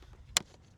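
The latch-type battery/radio hatch cover on the fuselage of a foam Arrows RC Tecnam 2010 airplane is pushed shut, and a single sharp, bright click rings out at 0.4 s over a low background rumble. The click means the latch has engaged and the hatch is seated, which matters because an unlatched hatch will come flying off.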